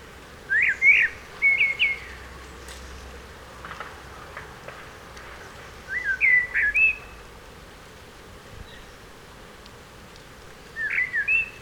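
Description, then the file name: Common blackbird song, short warbled fluty phrases repeated about every five seconds, with quiet gaps between. "Turdus merula"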